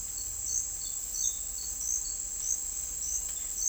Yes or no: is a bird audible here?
no